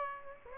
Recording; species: mosquito wingbeat signal from an infrared sensor; Aedes aegypti